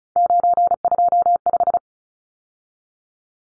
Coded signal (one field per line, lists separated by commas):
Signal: Morse code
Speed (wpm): 34 wpm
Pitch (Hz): 700 Hz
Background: none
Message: 925